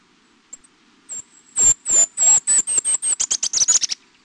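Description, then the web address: Golden-crowned Kinglet song: very high, thin notes that speed up into a rapid tumbling series before stopping abruptly. "Peterson North American Birds iso sound gcki"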